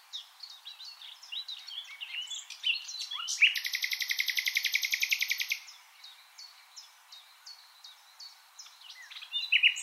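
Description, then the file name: Common nightingale song: a loud, rapid, buzzy trill of evenly repeated notes lasting about two seconds, surrounded by softer chirping notes. "Luscinia megarhynchos"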